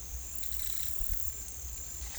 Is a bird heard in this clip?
no